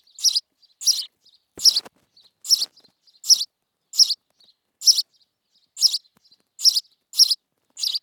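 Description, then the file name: House sparrow chirping, a run of loud notes with quieter short calls between them. "Passer domesticus"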